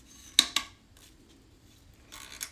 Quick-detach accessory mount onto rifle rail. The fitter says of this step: i'll test lock up to make sure that this thing is going to go on and off pretty easily locks